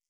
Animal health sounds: hydrophone in a shrimp aquaculture tank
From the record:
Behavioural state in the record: stressed

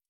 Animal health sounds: hydrophone in a shrimp aquaculture tank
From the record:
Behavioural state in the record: stressed

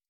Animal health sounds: hydrophone in a shrimp aquaculture tank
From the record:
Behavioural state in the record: starved

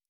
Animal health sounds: hydrophone in a shrimp aquaculture tank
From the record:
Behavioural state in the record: normal

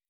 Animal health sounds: hydrophone in a shrimp aquaculture tank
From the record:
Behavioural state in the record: weakened

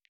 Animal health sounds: hydrophone in a shrimp aquaculture tank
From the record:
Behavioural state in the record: stressed

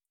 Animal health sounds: hydrophone in a shrimp aquaculture tank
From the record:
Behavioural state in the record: feeding

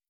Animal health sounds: hydrophone in a shrimp aquaculture tank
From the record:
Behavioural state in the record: stressed

